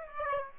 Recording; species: mosquito wingbeat signal from an infrared sensor; Aedes aegypti